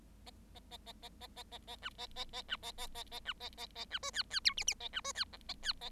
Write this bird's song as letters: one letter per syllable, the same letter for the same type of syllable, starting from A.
A A A A A A A A A B A A A B A A A A B A A A B C D D E F F A B C D G A D A